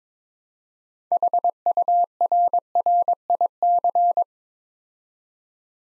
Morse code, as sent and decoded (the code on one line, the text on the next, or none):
.... ..- .-. .-. .. -.-.
HURRIC